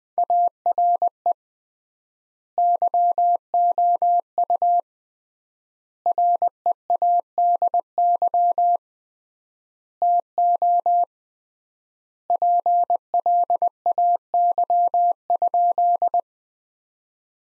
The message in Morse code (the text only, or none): ARE YOU READY TO PLAY?